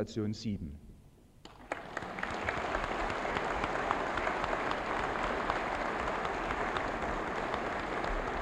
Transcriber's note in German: Applaus